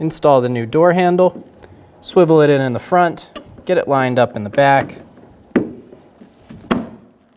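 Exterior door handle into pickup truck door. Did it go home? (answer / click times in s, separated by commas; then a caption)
yes / 5.6 s. A new plastic exterior door handle is installed into the door of a 2005-2015 Toyota Tacoma pickup truck while someone talks: it is swiveled in at the front, lined up at the back, then slid forward. A sharp click at 5.6 s marks the handle seating into its mount in the door, followed by a fainter tap at 6.5 s.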